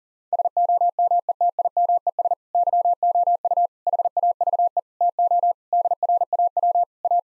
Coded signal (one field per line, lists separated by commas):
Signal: Morse code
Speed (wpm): 40 wpm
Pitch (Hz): 700 Hz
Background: none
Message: SOMETIMES YOU HAVE TO DRAW A